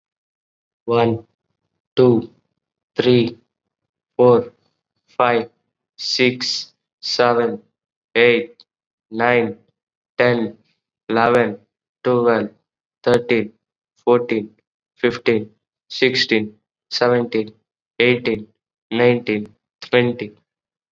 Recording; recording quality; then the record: counting at a normal pace; excellent, no background noise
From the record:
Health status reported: COVID-19 positive, mild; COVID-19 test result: positive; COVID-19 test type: rapid antigen test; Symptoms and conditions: fever, fatigue, muscle pain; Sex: male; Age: 18 years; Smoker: no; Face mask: worn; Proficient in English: yes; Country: India